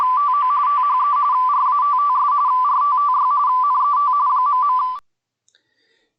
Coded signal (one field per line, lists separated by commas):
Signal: RTTY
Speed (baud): 45.45 baud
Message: TO THE RATTS RTTY NET ..